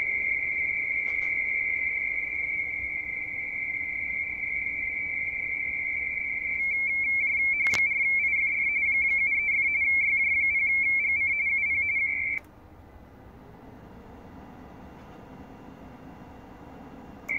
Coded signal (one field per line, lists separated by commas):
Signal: RTTY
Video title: YJΦGC, Vanuatu Is. Pacific Ocean, 18MHz, RTTY, Worked by HL2WA